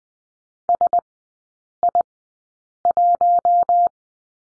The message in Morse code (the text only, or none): S I 1